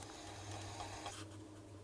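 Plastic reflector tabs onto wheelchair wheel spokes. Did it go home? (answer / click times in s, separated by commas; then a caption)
no / none. Plastic reflector tabs are being handled onto the spokes of a wheelchair wheel, with a steady low hum and faint rubbing and handling sounds throughout. Nothing has seated or clicked yet; the tabs have not hooked onto the back side of the spoke.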